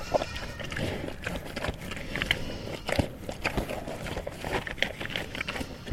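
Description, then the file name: Pig (Landrace): pig chewing and biting food, with crackling crunches and smacks coming unevenly several times a second. Landrace breed pig eating peaches. "ANIMAL PIG LANDRACE EATING SEQUENCE"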